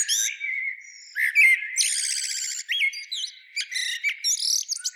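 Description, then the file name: Common blackbird calling in a high twitter: sharp chirps, a buzzy trill and quick upslurred whistles. "Turdus merula"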